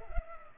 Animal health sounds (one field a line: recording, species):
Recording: mosquito wingbeat signal from an infrared sensor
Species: Culex pipiens